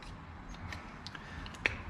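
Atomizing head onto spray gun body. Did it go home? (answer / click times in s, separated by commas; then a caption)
yes / 1.7 s. A plastic atomizing head is pushed onto the body of a 3M Accuspray paint gun until its two side prongs latch. Several faint taps and clicks come first, then a sharp, loud click at 1.7 s as the head snaps into place and locks.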